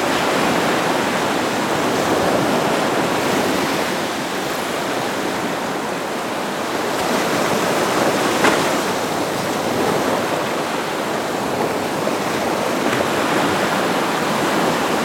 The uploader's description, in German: Atlantikküste in Portugal